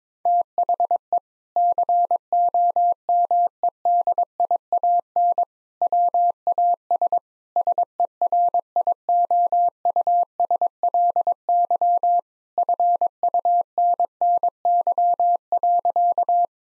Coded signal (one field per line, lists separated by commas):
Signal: Morse code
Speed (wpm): 22 wpm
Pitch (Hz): 700 Hz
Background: none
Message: THE COMEDIAN WAS SERIOUSLY FUNNY.